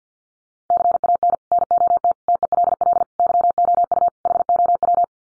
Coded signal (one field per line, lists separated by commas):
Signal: Morse code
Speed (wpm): 50 wpm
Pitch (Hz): 700 Hz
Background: none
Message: CAN NOT TELL YOU HOW